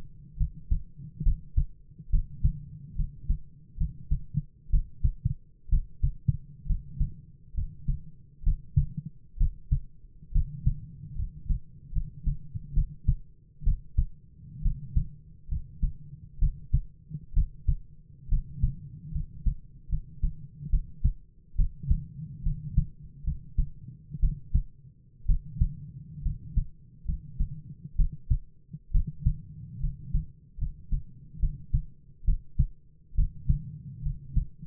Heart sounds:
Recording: heart sounds by stethoscope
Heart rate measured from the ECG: 68 bpm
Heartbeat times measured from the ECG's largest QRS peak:
0.36 s: heartbeat
1.22 s: heartbeat
2.09 s: heartbeat
2.95 s: heartbeat
3.77 s: heartbeat
4.69 s: heartbeat
5.68 s: heartbeat
6.66 s: heartbeat
7.53 s: heartbeat
8.42 s: heartbeat
9.36 s: heartbeat
10.31 s: heartbeat
11.15 s: heartbeat
11.91 s: heartbeat
12.73 s: heartbeat
13.63 s: heartbeat
14.61 s: heartbeat
15.48 s: heartbeat
16.38 s: heartbeat
17.33 s: heartbeat
18.28 s: heartbeat
19.11 s: heartbeat
19.88 s: heartbeat
20.69 s: heartbeat
21.55 s: heartbeat
22.42 s: heartbeat
23.23 s: heartbeat
24.19 s: heartbeat
25.25 s: heartbeat
26.21 s: heartbeat
27.04 s: heartbeat
27.95 s: heartbeat
28.91 s: heartbeat
29.79 s: heartbeat
30.57 s: heartbeat
31.39 s: heartbeat
32.24 s: heartbeat
33.14 s: heartbeat
34.02 s: heartbeat
From the record:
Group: healthy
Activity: rest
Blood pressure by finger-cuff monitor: 98/53 mmHg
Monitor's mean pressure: 62 mmHg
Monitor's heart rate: 69 bpm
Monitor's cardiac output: 7.6 L/min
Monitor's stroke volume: 110 mL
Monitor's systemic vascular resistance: 570 dyn s/cm5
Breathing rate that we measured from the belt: 16 breaths a minute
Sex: male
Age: 22 years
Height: 185 cm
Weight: 112.4 kg

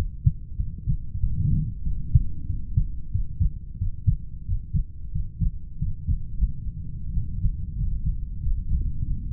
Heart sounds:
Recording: heart sounds by stethoscope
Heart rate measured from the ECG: 92 bpm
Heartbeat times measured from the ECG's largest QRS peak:
0.56 s: heartbeat
1.19 s: heartbeat
1.82 s: heartbeat
2.45 s: heartbeat
3.11 s: heartbeat
3.77 s: heartbeat
4.45 s: heartbeat
5.11 s: heartbeat
5.78 s: heartbeat
6.34 s: heartbeat
7.10 s: heartbeat
7.74 s: heartbeat
8.39 s: heartbeat
9.04 s: heartbeat
From the record:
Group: heart failure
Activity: breath hold 0-2 s, rest 2-9 s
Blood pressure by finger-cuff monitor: 71/44 mmHg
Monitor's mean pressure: 50 mmHg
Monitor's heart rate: 91 bpm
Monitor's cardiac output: 7.6 L/min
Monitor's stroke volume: 86 mL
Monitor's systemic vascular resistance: 460 dyn s/cm5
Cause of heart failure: idiopathic cardiomyopathy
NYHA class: 2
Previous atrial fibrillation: present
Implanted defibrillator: present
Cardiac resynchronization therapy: present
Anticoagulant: warfarin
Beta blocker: metoprolol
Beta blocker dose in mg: 50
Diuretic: furosemide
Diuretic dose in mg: 40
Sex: male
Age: 62 years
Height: 184 cm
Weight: 101 kg

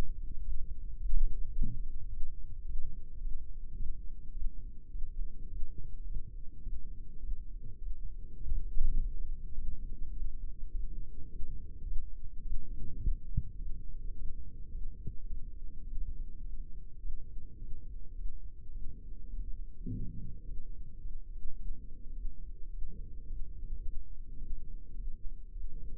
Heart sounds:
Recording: heart sounds by microphone in the left ear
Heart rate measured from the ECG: 105 bpm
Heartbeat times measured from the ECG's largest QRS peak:
0.42 s: heartbeat
0.97 s: heartbeat
1.53 s: heartbeat
2.09 s: heartbeat
2.66 s: heartbeat
3.22 s: heartbeat
3.77 s: heartbeat
4.33 s: heartbeat
4.91 s: heartbeat
5.50 s: heartbeat
6.07 s: heartbeat
6.63 s: heartbeat
7.20 s: heartbeat
7.79 s: heartbeat
8.39 s: heartbeat
8.97 s: heartbeat
9.55 s: heartbeat
10.13 s: heartbeat
10.71 s: heartbeat
11.30 s: heartbeat
11.86 s: heartbeat
12.42 s: heartbeat
13.00 s: heartbeat
13.58 s: heartbeat
14.15 s: heartbeat
14.71 s: heartbeat
15.27 s: heartbeat
15.84 s: heartbeat
16.41 s: heartbeat
17.00 s: heartbeat
17.59 s: heartbeat
18.15 s: heartbeat
18.72 s: heartbeat
19.30 s: heartbeat
19.88 s: heartbeat
20.45 s: heartbeat
21.01 s: heartbeat
21.56 s: heartbeat
22.13 s: heartbeat
22.70 s: heartbeat
23.27 s: heartbeat
23.83 s: heartbeat
24.38 s: heartbeat
24.95 s: heartbeat
25.52 s: heartbeat
From the record:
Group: healthy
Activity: rest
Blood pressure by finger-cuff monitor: 114/68 mmHg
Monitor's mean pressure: 81 mmHg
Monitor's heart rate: 106 bpm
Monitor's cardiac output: 8.6 L/min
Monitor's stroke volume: 81 mL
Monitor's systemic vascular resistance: 680 dyn s/cm5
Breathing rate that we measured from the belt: 20 breaths a minute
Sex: female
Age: 22 years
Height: 163 cm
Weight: 67.1 kg

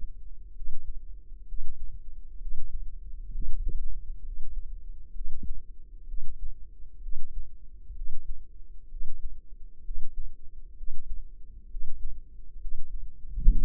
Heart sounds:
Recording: heart sounds by microphone in the left ear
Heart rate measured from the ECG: 65 bpm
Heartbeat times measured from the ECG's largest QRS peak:
0.53 s: heartbeat
1.45 s: heartbeat
2.38 s: heartbeat
3.31 s: heartbeat
4.22 s: heartbeat
5.12 s: heartbeat
6.05 s: heartbeat
7.00 s: heartbeat
7.93 s: heartbeat
8.88 s: heartbeat
9.82 s: heartbeat
10.75 s: heartbeat
11.68 s: heartbeat
12.58 s: heartbeat
13.48 s: heartbeat
From the record:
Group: healthy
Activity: Valsalva maneuver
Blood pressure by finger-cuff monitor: 115/76 mmHg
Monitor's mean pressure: 87 mmHg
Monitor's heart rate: 65 bpm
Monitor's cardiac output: 4.9 L/min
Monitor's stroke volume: 75 mL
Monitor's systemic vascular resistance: 1280 dyn s/cm5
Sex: female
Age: 22 years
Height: 160 cm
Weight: 45 kg

